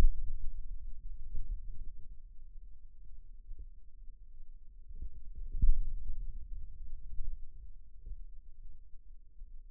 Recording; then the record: forearm muscle sounds (acoustic myography)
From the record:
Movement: finger pinch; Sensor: system 2, bracelet of six BSWA MPA416 microphones around the upper forearm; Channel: 2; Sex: male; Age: 22 years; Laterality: right